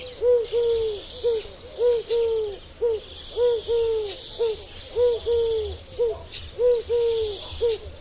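Bird giving short, low, arched hoots repeated steadily.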